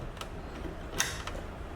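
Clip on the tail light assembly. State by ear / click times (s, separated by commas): seated / 1.0 s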